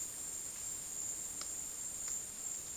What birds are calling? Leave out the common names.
none